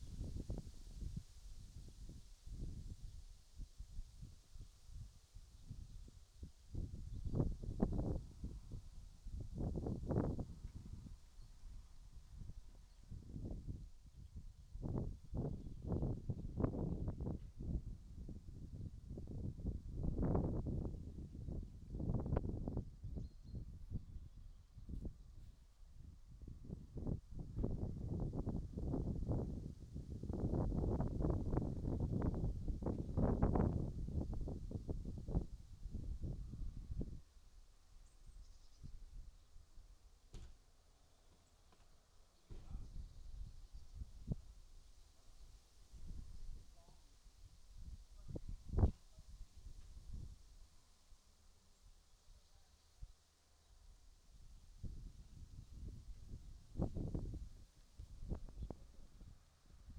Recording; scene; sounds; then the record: everyday scene through a hearing-aid microphone; wind on the microphone; wind, other noises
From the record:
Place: in front of a rural house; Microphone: in the ear canal, right